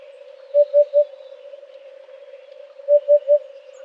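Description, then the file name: Eurasian hoopoe hooting twice, each a quick run of three soft, low, even notes, with a faint steady hum underneath. "huppe fasciee"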